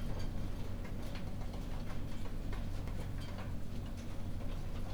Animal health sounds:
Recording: poultry house recording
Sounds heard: no chicken sound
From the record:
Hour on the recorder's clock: 21

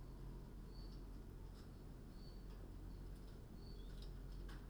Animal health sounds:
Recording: poultry house recording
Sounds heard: no chicken sound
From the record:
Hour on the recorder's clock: 21

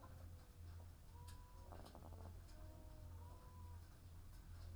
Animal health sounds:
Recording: poultry house recording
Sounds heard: sick chickens (respiratory disease)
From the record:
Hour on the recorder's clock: 15

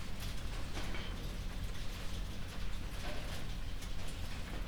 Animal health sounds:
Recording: poultry house recording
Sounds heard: no chicken sound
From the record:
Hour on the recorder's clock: 22

